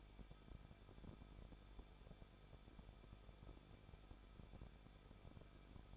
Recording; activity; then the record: daily activity, microphone in the room; no activity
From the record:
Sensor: 5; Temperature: 20.8 degrees Celsius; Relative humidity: 38.5%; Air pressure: 1006.5 hPa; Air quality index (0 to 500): 191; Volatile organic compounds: 20 ppm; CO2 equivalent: 2698 ppm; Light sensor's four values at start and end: 2/3/1/1 and 2/3/1/1